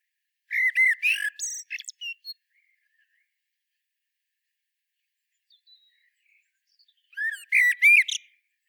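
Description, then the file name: Common blackbird song: two phrases of fluted notes with squeaky high endings, separated by a long quiet gap holding only a few faint, thin sounds. "Turdus merula"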